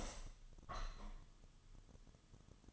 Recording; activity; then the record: daily activity, microphone in the room; open window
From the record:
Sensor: 4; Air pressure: 1005.5 hPa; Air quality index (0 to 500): 96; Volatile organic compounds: 2 ppm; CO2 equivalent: 1191 ppm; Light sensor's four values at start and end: 13/29/11/11 and 13/29/11/11